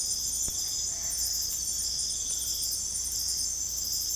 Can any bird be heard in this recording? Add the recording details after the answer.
no. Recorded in secondary vegetation near Puerto Asís, Putumayo, Colombia, on 16 December 2024 at 22:00. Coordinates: 0.468, -76.324. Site G095